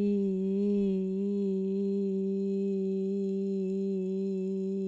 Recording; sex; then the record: sustained vowel /i/; female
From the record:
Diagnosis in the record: Parkinson's disease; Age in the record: 67 years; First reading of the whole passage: 79 s, 6.5 characters per second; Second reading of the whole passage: 74 s, 7.0 characters per second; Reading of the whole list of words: 72 s, 3.9 characters per second